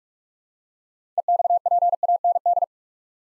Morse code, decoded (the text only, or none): EXPAND